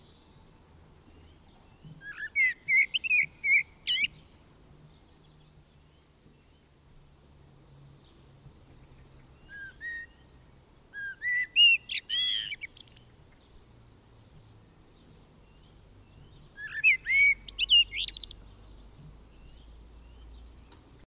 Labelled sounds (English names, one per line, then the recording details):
Common Blackbird song
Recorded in the wild
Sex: male
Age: adult
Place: Garmisch-Partenkirchen, Bayern, DE
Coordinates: 47.4875, 11.0844
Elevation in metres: 701
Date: 1968-04-21
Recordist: Tretzel, Erwin